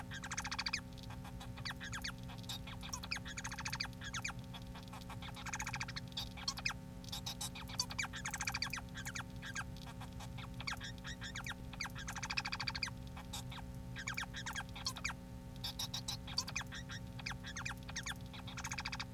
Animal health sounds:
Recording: song of a male Bengalese finch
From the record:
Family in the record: son of father 4

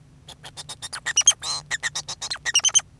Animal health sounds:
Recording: song of a male Bengalese finch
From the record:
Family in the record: son of father 2

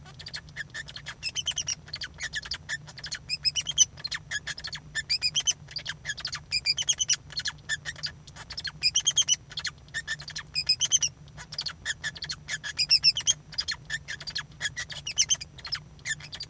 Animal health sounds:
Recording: song of a male Bengalese finch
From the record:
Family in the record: son of father 2

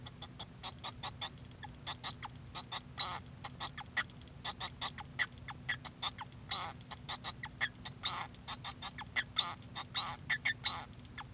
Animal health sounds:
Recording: song of a male Bengalese finch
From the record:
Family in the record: son of father 2

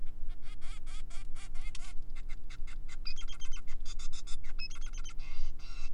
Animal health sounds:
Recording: song of a male Bengalese finch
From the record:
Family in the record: son of father 5

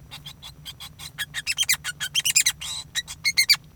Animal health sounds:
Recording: song of a male Bengalese finch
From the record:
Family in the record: son of father 5

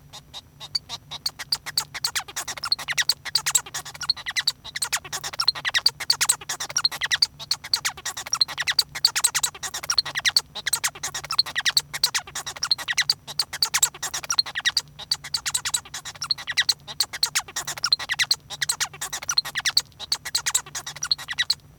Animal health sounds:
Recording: song of a male Bengalese finch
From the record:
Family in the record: son of father 1

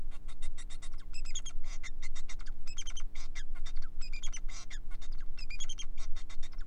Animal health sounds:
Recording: song of a male Bengalese finch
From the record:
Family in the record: son of father 4

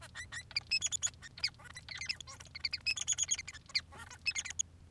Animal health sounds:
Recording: song of a male Bengalese finch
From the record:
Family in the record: son of father 3

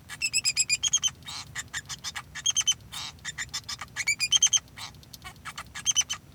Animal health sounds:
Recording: song of a male Bengalese finch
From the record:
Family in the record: son of father 2

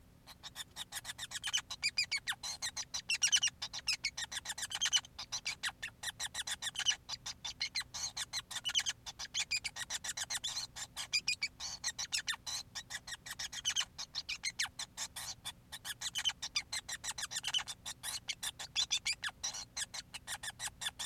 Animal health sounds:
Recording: song of a male Bengalese finch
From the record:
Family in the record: son of father 5

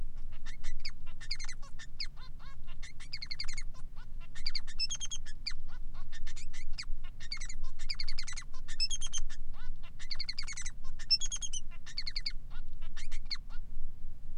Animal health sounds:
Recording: song of a male Bengalese finch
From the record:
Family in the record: son of father 3

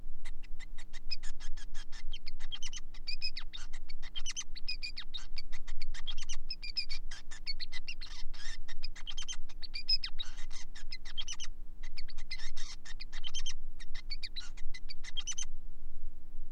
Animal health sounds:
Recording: song of a male Bengalese finch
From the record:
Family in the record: son of father 5

